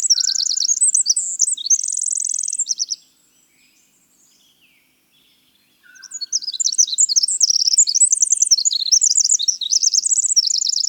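Winter wren: a high, tumbling song ending in a steady trill, about three seconds of quiet with a soft lower note, then a fresh burst of rapid twittering.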